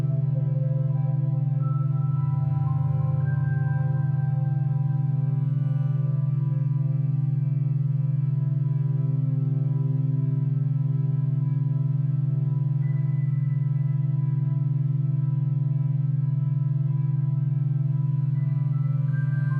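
Binaural beats: a steady low hum holds throughout with faint, shifting overtones above, small tonal changes near 2 and 13 seconds.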